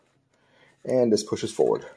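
Someone talks while handling the polymer locking slide on a CAA MCK carbine conversion chassis fitted to a Springfield XDM, about to push it forward. Only faint handling noise is heard before the talking. Nothing has seated or clicked yet.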